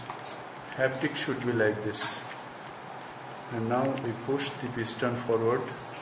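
Someone talks while the piston of an intraocular lens injector is pushed forward into the cartridge loaded with a three-piece Sensar lens from J&J. Nothing has seated or clicked into place yet.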